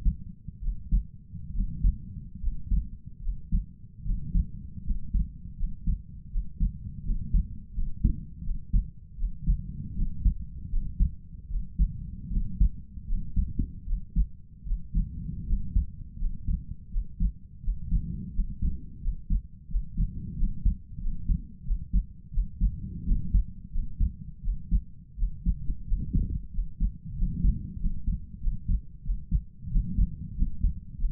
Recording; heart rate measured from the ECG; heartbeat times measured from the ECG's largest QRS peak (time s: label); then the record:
heart sounds by stethoscope; 83 bpm
0.59 s: heartbeat
1.51 s: heartbeat
2.39 s: heartbeat
3.20 s: heartbeat
4.02 s: heartbeat
4.82 s: heartbeat
5.55 s: heartbeat
6.29 s: heartbeat
7.02 s: heartbeat
7.73 s: heartbeat
8.42 s: heartbeat
9.15 s: heartbeat
9.94 s: heartbeat
10.68 s: heartbeat
11.47 s: heartbeat
12.28 s: heartbeat
13.05 s: heartbeat
13.84 s: heartbeat
14.63 s: heartbeat
15.45 s: heartbeat
16.17 s: heartbeat
16.89 s: heartbeat
17.60 s: heartbeat
18.31 s: heartbeat
18.99 s: heartbeat
19.67 s: heartbeat
20.35 s: heartbeat
20.99 s: heartbeat
21.63 s: heartbeat
22.30 s: heartbeat
23.04 s: heartbeat
23.70 s: heartbeat
24.41 s: heartbeat
25.15 s: heartbeat
25.85 s: heartbeat
26.50 s: heartbeat
27.14 s: heartbeat
27.78 s: heartbeat
28.39 s: heartbeat
29.02 s: heartbeat
29.68 s: heartbeat
30.34 s: heartbeat
30.96 s: heartbeat
From the record:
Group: healthy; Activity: rest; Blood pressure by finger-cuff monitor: 88/58 mmHg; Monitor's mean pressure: 66 mmHg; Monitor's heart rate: 82 bpm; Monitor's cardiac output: 5.5 L/min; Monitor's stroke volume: 66 mL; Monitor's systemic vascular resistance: 860 dyn s/cm5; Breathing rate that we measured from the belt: 23 breaths a minute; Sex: male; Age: 22 years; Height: 181 cm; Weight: 60 kg